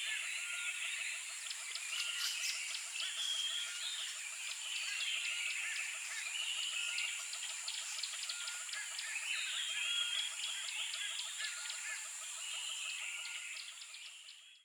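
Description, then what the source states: Birds singing, many soft overlapping chirps and short warbled phrases throughout, over a steady high-pitched hiss. Soft, distant birdsong in the morning.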